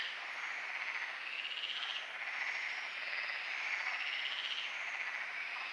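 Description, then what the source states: Continuous frog chorus, buzzy pulsed calls overlapping into a steady rolling drone. Frogs calling at night at Lagoa do Congro; binaural recording with EQ applied.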